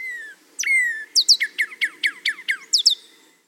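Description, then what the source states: Northern Cardinal song: a couple of clear slurred whistles, then a series of several sharp downslurred notes, ending with two more paired notes. Male song variation, rendered as 'cheer, cheer, what, what, what, what, birdie, birdie'.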